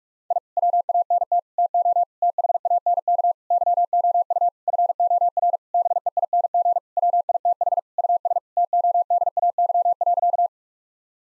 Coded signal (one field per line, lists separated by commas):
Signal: Morse code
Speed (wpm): 46 wpm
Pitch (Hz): 700 Hz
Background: none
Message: I WANT TO THANK YOU FOR BEING WITH US TODAY.